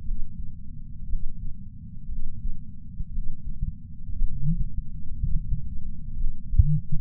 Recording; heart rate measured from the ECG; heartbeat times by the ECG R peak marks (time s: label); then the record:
heart sounds by patch sensor on the chest; 59 bpm
0.02 s: heartbeat
1.06 s: heartbeat
2.07 s: heartbeat
3.09 s: heartbeat
4.13 s: heartbeat
5.15 s: heartbeat
6.15 s: heartbeat
From the record:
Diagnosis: coronary artery disease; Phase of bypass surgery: postoperative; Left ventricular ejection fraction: 61.7%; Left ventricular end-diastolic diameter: 51 mm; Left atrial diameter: 37 mm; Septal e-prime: 6.5 cm/s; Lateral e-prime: 9.2 cm/s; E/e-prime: 11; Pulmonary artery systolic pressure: 22 mmHg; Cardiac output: 4.8 L/min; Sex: male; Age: 59 years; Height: 168 cm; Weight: 81 kg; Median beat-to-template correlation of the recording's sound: 0.85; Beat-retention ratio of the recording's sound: 1.00